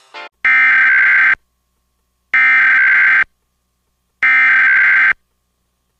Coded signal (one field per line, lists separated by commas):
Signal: Emergency Alert System (SAME) tones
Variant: header bursts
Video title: EAS Reenactment Mock: SVR for Salt Lake, Davis and Utah Counties (Jun, 5 2020)